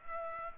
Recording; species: mosquito wingbeat signal from an infrared sensor; Culex pipiens